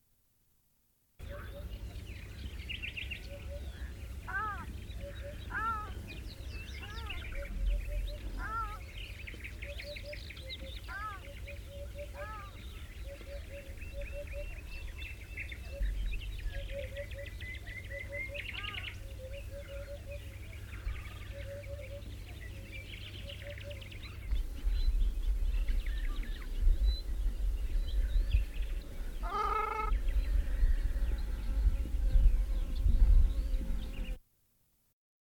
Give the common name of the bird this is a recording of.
Ruddy Shelduck